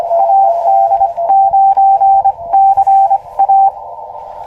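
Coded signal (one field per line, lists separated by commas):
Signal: Morse code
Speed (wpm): 25 wpm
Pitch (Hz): 780 Hz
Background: radio noise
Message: AD9CA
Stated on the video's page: First Summits on the Air CW activation, also a park, in cold weather, using an Elecraft KX2 and an end-fed trail-friendly antenna.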